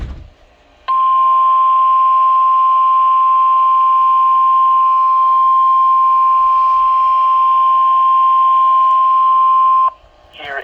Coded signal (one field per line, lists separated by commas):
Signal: Emergency Alert System (SAME) tones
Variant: 1050 Hz attention tone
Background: speech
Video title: 2 Winter Storm Warnings - (EAS #140-141) Double Header - 1/22/23